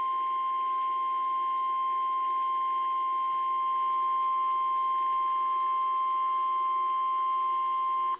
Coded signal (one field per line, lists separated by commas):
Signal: Emergency Alert System (SAME) tones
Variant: 853 and 960 Hz attention tone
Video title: EAS 1023 SMW NWS WAKEFIELD